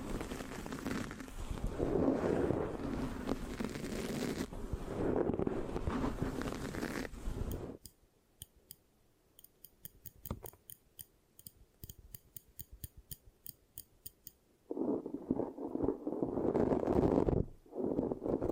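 Dense, rough scratching on a microphone fills the first seven seconds, then drops away to a quieter stretch of sharp, evenly spaced clicks and light sticky taps. Around fifteen seconds the heavy scratching returns, cutting off briefly near the end.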